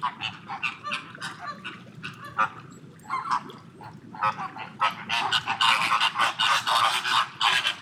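Flamingo honking from a dense flock, loud goose-like nasal calls in rapid overlapping bursts, growing into a continuous clamour in the last three seconds.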